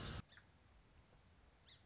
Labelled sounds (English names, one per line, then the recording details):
Song Sparrow
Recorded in Sonoma County, California